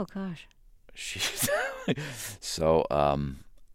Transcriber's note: soundbite of laughter